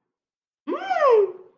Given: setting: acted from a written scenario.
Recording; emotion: vocal sound without words; amusement